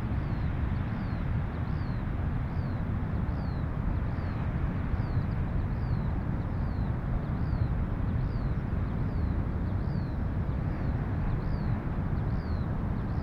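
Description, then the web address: Eurasian skylark singing short high chirps repeated steadily, almost drowned by heavy, continuous rumbling surf. More than one skylark, north of Bude, Cornwall, with distant thundering surf. "skylarks and distant thundering surf north of bude cornwall"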